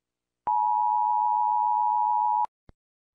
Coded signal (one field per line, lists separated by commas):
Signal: Emergency Alert System (SAME) tones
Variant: 853 and 960 Hz attention tone